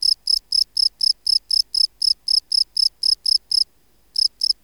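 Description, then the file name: Field cricket song of crisp, high chirps, stopping briefly near the end before two more chirps. "Gryllus campestris"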